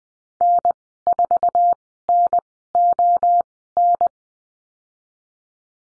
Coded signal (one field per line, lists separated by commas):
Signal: Morse code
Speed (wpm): 20 wpm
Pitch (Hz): 700 Hz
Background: none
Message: N4NON